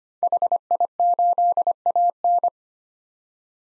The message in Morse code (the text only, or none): HI8AN